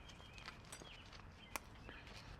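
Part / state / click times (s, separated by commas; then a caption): brake pad abutment clip into caliper bracket / seated / 1.6 s. An upper metal brake pad abutment clip is pressed by hand into the caliper bracket of a 2014-2018 Subaru Forester front brake. Faint taps and low background noise lead up to a single sharp click at 1.6 s as the clip snaps into place and seats.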